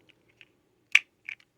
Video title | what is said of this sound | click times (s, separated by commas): Flying Fists He-man & Terror Claws Skeletor MOTU Origins Wave 7 Deluxe Figures | kind of clicks into place like | 0.9 s